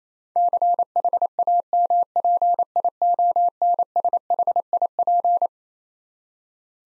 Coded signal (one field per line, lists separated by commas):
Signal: Morse code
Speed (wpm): 27 wpm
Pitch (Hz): 700 Hz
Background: none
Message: CHAMPIONSHIP